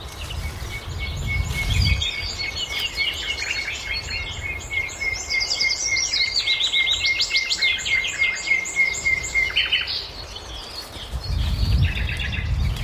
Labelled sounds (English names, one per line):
Common Cuckoo call